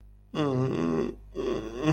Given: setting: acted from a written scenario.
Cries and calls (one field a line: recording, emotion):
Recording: vocal sound without words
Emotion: guilt